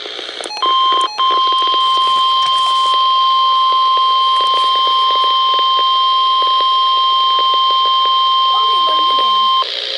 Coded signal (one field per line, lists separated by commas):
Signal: Emergency Alert System (SAME) tones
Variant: 1050 Hz attention tone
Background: speech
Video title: Tornado Watch (EAS #125)